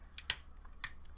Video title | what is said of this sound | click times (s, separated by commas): FDNY Stage 38 And 39 Rear Left Stabilizer Steps Storage And Battery Compartment | so there's a little click in place however now it looks lopsided | 0.3 s